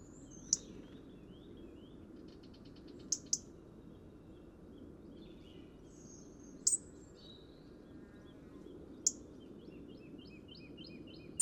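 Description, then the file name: European robin giving sharp, high, very brief call notes at irregular intervals, about six, over faint thin chirps and a low steady rumble. "Erithacus rubecula"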